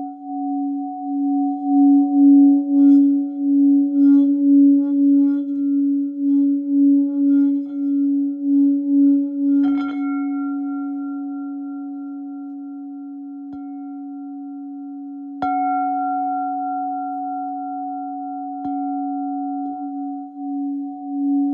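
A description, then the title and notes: A gong rings with a steady low hum and several clear higher tones held across the whole clip, pulsing gently during the first ten seconds. Sharp taps strike around ten and fifteen seconds, shifting the upper ringing, with lighter clicks near thirteen and nineteen seconds. 30-Day Gong Challenge.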